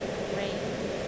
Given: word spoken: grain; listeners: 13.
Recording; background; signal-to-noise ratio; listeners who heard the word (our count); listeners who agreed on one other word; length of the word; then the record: one English word in noise, from a listening test; speech-shaped noise; -6.3 dB; 0 of 13; 7 of 13; 0.68 s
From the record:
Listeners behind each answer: 7, 3, 1, 1, 1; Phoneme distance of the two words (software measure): 7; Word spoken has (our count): 1 syllable, 4 phonemes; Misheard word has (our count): 1 syllable, 3 phonemes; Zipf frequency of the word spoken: 3.97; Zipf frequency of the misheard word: 5.08